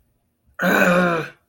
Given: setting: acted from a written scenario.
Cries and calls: vocal sound without words; anger

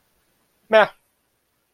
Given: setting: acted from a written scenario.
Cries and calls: vocal sound without words; neutral

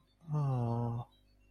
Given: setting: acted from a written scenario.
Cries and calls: vocal sound without words; sympathy

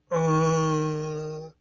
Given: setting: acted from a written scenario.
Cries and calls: vocal sound without words; confusion

